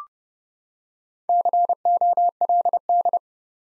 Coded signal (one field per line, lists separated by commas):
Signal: Morse code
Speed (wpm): 29 wpm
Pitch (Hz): 700 Hz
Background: none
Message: COLD